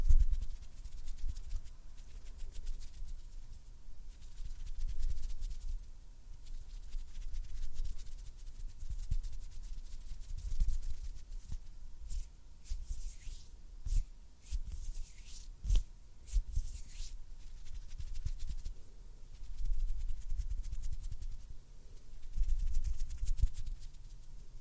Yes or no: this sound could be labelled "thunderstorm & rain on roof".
no